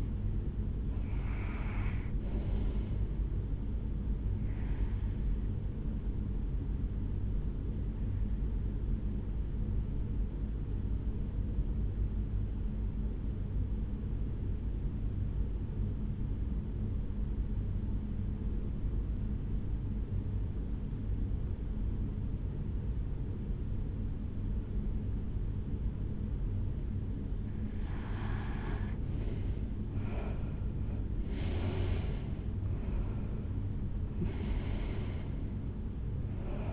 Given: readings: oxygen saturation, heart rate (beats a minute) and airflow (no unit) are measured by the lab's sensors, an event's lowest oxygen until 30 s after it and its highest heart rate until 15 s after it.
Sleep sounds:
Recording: breathing in sleep by a smartphone at the bedside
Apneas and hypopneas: 1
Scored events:
4.00-36.73 s: new sleep stage, REM sleep
8.00-28.50 s: hypopnea (REM, oxygen 95% highest, then 88% lowest, heart rate 67 at the start, 78 highest)
From the record:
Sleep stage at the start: N1 (lightest sleep)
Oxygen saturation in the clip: 86 to 95%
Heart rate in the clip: 63 to 78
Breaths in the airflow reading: 5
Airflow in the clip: -8.9 to 7.3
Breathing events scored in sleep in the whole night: 449 in 7.0 hours asleep

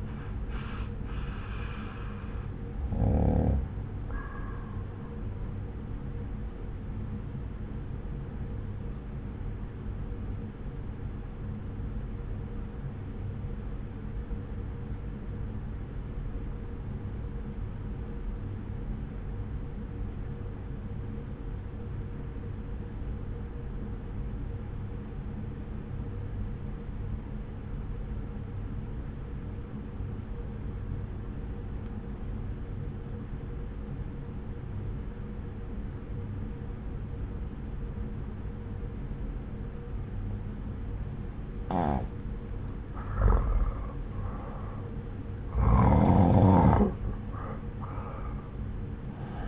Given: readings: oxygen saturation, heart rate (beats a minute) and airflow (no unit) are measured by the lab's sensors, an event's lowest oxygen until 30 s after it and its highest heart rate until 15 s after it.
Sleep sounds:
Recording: breathing in sleep by a smartphone at the bedside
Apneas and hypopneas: 1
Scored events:
1.00-49.48 s: new sleep stage, N1 (lightest sleep)
10.00-44.00 s: obstructive apnea (N1, oxygen 96% highest, then 85% lowest)
From the record:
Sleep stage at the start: N2 (light sleep)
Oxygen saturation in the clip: 85 to 96%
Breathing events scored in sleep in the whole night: 303 in 8.1 hours asleep

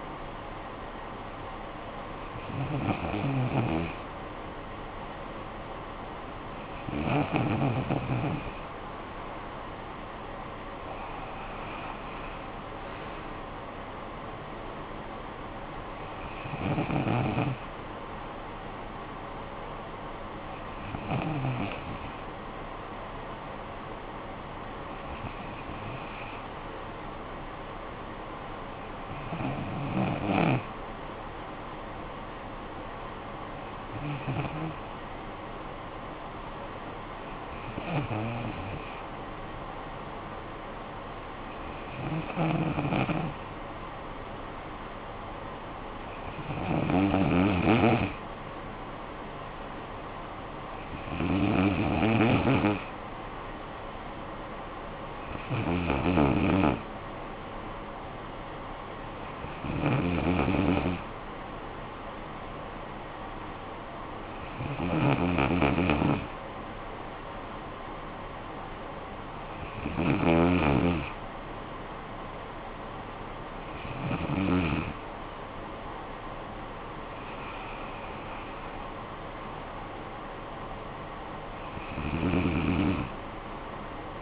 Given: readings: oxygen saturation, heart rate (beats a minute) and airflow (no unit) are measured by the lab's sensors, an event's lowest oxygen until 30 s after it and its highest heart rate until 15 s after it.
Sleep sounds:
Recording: breathing in sleep by a voice recorder at the bedside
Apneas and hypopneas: none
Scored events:
73.00-84.22 s: new sleep stage, N1 (lightest sleep)
From the record:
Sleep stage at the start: N2 (light sleep)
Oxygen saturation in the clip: 93 to 95%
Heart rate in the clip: 54 to 69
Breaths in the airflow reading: 19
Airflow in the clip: -12.8 to 8.9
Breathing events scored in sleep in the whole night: 445 in 7.6 hours asleep

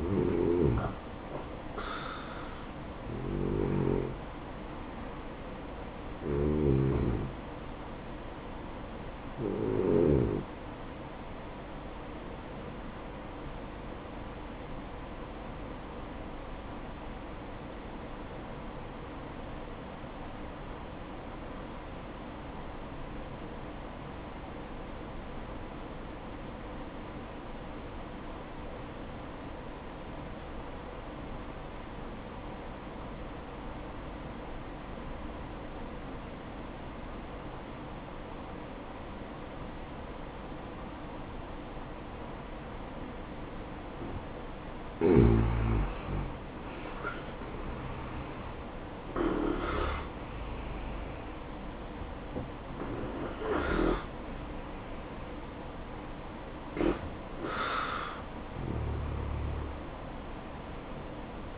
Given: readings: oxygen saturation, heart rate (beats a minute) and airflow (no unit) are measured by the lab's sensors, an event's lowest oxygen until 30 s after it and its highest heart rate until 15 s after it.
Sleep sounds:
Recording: breathing in sleep by a voice recorder at the bedside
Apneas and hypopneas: 1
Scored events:
15.00-45.90 s: obstructive apnea (N1, oxygen 96% highest, then 84% lowest, heart rate 64 at the start, 73 highest)
From the record:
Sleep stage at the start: N1 (lightest sleep)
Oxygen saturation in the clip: 84 to 96%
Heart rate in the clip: 62 to 73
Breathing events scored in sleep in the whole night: 573 in 9.8 hours asleep

